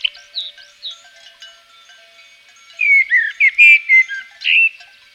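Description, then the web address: Common blackbird song: faint notes at first, then a rich phrase of mellow fluted whistles in the second half, ending in a short higher twitter. Recorded in Provence. "agykontroll - A természet hangjai - A provence-i feketerigó"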